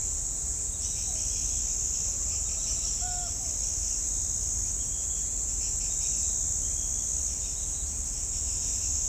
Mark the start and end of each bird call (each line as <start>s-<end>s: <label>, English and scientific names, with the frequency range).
2.04s-3.29s: Tropical Screech-Owl (Megascops choliba) (0.6-1.6 kHz)